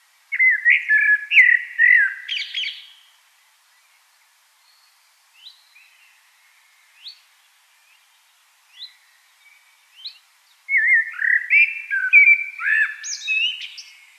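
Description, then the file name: Common blackbird song: two full, fluting warbled phrases with scratchy high endings, and a few faint short notes in the pause between them. "Turdus merula"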